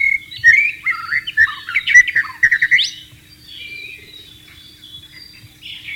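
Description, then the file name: White-rumped shama song of quick varied whistles and short trills in the first half, fading into soft quiet notes afterward. Wild bird, in the wild. "suara burung murai batu di alam liar"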